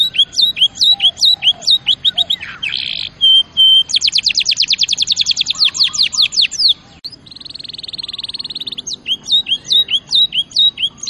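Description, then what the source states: Canary singing rapid upswept whistles, a brief buzzy note, then long fast trills and a dense rattling trill before more repeated rising whistles. Champion canary song used as a master recording for training other birds.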